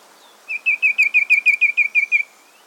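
Ashy tit giving one fast series of about ten scratchy, buzzy notes lasting under two seconds, closing with a thin rising whistle.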